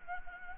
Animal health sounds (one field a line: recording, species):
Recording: mosquito wingbeat signal from an infrared sensor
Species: Anopheles gambiae